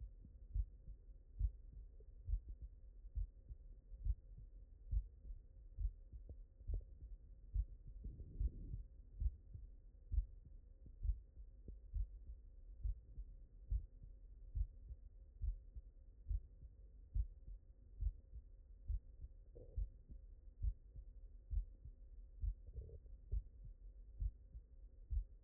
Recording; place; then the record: heart sounds by stethoscope; mitral valve (MV)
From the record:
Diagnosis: non-HFrEF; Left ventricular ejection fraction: 64%